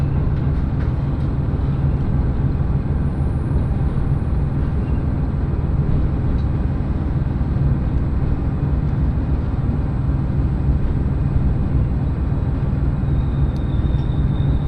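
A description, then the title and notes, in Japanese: A train ride on the Echigo Tokimeki Railway, with a steady, dense rumble of the moving train filling the whole stretch. The low drone stays even throughout, with faint clicks and a thin high whine appearing near the end. 耳で楽しむ鉄道旅 えちごトキめき鉄道 高田→直江津→糸魚川。ディーゼルカー1両で足りてしまいます。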